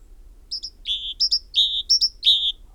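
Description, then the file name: Great tit sounding short high notes each followed by a lower, longer tone, three such pairs with short gaps. "Parus major"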